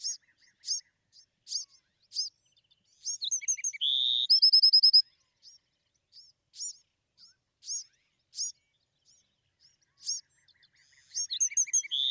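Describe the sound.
Bewick's wren song: spaced high notes, then a busy phrase with a buzz and ringing trill, more single chips, and another such phrase at the end.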